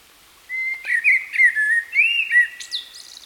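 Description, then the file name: Common blackbird singing a flowing, fluty warble of slurred notes held around one pitch, then ending in a brief high, squeaky twitter. "Turdus merula"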